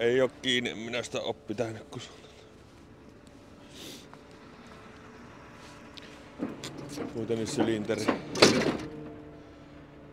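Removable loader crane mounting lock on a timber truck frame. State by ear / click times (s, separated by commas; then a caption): released / 8.4 s. Someone talks while the removable loader crane is being detached from a timber truck frame, with the crane resting on its hydraulic cylinder and the steel mounting lock being worked free. A few faint knocks are heard before the lock releases with a loud metallic thunk at 8.4 s, leaving it clunked loose.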